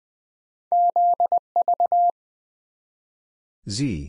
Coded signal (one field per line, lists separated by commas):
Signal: Morse code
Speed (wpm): 20 wpm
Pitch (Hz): 700 Hz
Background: none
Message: ZV